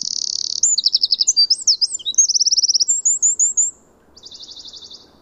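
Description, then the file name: Eurasian wren song: rapid high trills, sharp zigzag notes and rattling phrases in quick succession, ending with a softer fading trill after a brief pause. "Troglodytes troglodytes"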